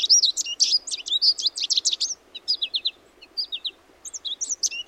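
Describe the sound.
Goldfinch twittering song, fast tinkling notes rising and falling, over a steady low background hiss.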